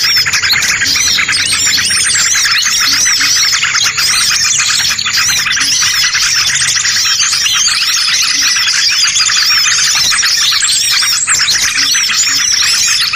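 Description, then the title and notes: Birds twittering steadily, a thick chorus of high, thin chirps and quick trills that never pauses. Compilation of bird lure sounds used to attract stubborn birds that are hard to approach. "Suara Burung Bandel Yang Susah Mendekati. Kompilasi Suara Pikat Burung"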